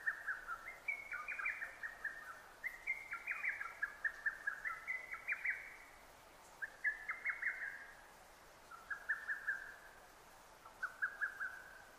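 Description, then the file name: Lesser cuckoo singing about six tumbling whistled phrases in close succession, the later ones softer, over quiet background hiss. Recorded 6 June 2009. "hototogisu-20090606"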